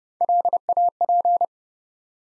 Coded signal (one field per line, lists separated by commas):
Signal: Morse code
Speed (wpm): 32 wpm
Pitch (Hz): 700 Hz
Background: none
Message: LAP